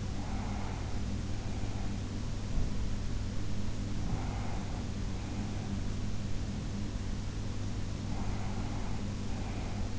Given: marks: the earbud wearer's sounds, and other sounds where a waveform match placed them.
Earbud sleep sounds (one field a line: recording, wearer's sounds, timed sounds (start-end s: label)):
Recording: sounds in sleep by an in-ear microphone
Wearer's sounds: breath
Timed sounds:
0.00-2.34 s: breath
3.94-6.11 s: breath
7.89-9.99 s: breath